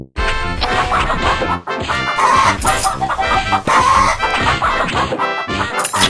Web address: chickens sounds audioshots